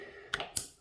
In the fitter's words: get that nice satisfying click